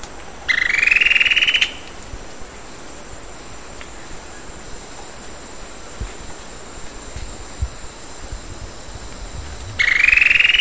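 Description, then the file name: Bird calls: two buzzy, pulsed, rising notes, one near the start and one at the end, with a constant high-pitched whine throughout. "SABIOD 50 bird 2015"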